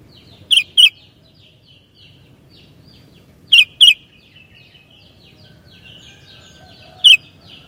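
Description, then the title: Sooty-headed bulbul calling with loud double chirps, heard twice, then a single note, over a quiet backdrop of twittering birds. "kutilang"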